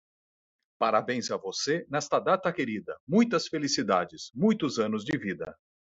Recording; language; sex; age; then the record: short text; Brazilian Portuguese; male; 40 to 49 years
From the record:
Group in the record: control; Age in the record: 47 years